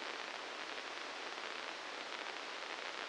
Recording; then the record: brain microelectrode recording played as sound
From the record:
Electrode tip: inside the subthalamic nucleus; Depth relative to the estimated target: -2 mm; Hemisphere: left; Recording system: NeuroSet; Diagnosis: Parkinson's disease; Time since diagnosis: 19 years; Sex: female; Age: 69 years